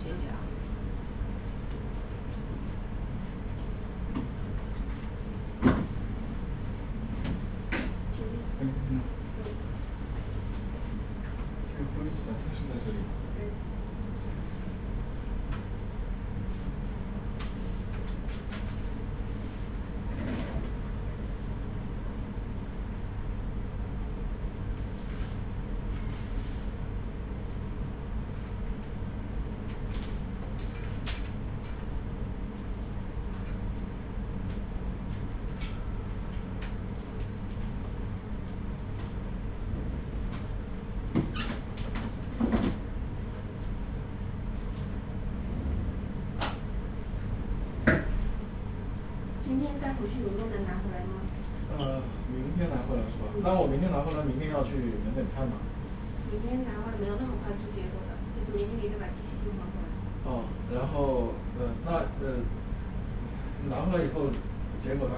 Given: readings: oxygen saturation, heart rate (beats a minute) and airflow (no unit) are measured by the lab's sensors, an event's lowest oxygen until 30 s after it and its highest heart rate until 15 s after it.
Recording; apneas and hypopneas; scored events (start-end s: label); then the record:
a person awake in a sleep study, by a smartphone at the bedside; none
0.00-65.18 s: awake
0.00-65.18 s: awake
From the record:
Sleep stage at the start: awake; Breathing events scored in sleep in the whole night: 210 in 6.9 hours asleep